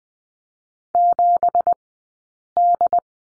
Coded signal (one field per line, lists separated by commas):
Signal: Morse code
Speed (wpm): 20 wpm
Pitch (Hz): 700 Hz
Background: none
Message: 7D